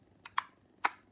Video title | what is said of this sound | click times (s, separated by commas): XBOX ONE ELITE CONTROLLER UNBOXING | but if you'd rather use the traditional D-pad, snaps into place | 0.9 s